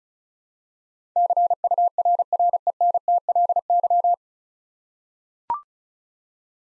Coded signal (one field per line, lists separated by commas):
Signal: Morse code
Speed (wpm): 36 wpm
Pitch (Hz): 700 Hz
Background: none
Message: CURRENTLY